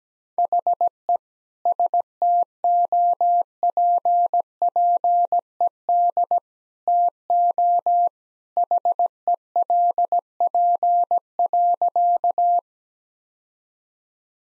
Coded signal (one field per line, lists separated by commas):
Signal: Morse code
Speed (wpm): 17 wpm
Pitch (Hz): 700 Hz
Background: none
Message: HE STOPPED TO HELP.